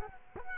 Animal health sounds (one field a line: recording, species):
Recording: mosquito wingbeat signal from an infrared sensor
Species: Culex quinquefasciatus